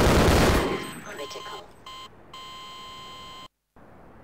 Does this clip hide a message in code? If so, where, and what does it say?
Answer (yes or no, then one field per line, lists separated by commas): no